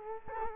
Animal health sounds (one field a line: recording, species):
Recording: mosquito wingbeat signal from an infrared sensor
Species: Culex quinquefasciatus